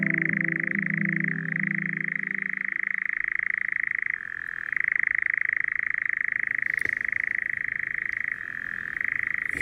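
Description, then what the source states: European nightjar churring, a long unbroken mechanical trill that shifts slightly in pitch now and then, with a low hum fading out early on. Recorded from the back balcony of a house on the Rijksweg in Mook, North Limburg, on a windless evening without other ambient sounds; described as a mysterious sound.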